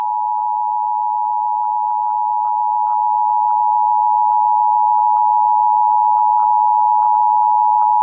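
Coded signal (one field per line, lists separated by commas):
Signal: Emergency Alert System (SAME) tones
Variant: 853 and 960 Hz attention tone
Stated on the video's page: AMBER Alert EAS activation caught live on an AM news-talk station, also relayed on FM and TV stations and NOAA Weather Radio.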